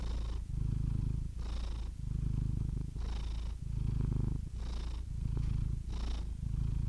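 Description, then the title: Domestic cat purring steadily, long rumbling phases alternating with short breathy pauses, several cycles. "The Ultimate Compilation of Adorable Cat Meows 🐱😺 #CatMeows #CuteKittens"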